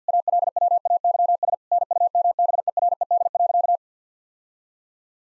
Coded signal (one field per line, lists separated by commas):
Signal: Morse code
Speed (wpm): 50 wpm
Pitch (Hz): 700 Hz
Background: none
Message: ALWAYS NUMBERED.